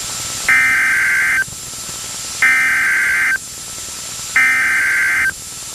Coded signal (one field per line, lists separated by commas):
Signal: Emergency Alert System (SAME) tones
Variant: header bursts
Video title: Mississippi and Louisiana still want some... | EAS Alerts from 11/24/2022 (EAS #2007-2029)